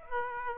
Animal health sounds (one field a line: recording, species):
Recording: mosquito wingbeat signal from an infrared sensor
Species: Aedes aegypti